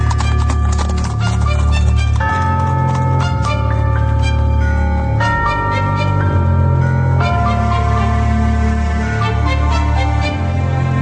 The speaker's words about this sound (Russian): Слуга вскочил на облучок, ямщик свистнул, и лошади поскакали.